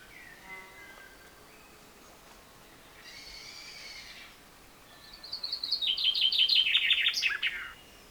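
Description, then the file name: Common chaffinch: faint thin notes and a soft buzzy phrase first, then a loud common chaffinch song: a rapid downward-stepping trill finishing with a brisk flourish. "Fringilla coelebs"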